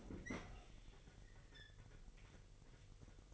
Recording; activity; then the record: daily activity, microphone in the room; open fridge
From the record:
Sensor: 4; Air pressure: 1002.9 hPa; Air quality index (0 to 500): 247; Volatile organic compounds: 19 ppm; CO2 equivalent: 2649 ppm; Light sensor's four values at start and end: 4/9/3/4 and 4/9/3/4